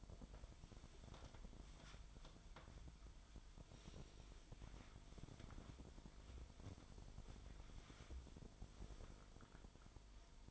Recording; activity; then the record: daily activity, microphone in the room; wipe stove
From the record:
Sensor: 5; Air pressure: 1003.4 hPa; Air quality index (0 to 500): 142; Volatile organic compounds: 2 ppm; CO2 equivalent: 1035 ppm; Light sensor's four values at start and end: 33/75/33/38 and 33/73/33/38